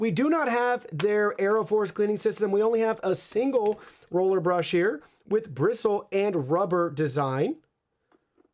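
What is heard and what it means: Someone talks over the underside of an iRobot Roomba Combo 2 Essential robot vacuum as its plastic roller brush guard, or frame, which covers a single bristle-and-rubber roller brush, is handled to be pressed back into place after being opened. The talking stops at about 7.6 s, and only a very faint tick follows near 8.1 s. Nothing has seated or clicked yet.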